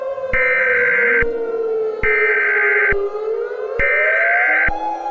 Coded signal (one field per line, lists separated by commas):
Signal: Emergency Alert System (SAME) tones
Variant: header bursts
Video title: EAS Scenario: Pet Semetary